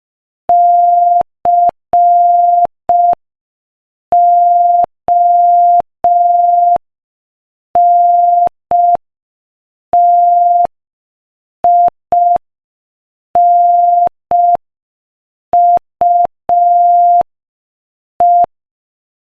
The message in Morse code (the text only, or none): CONTINUE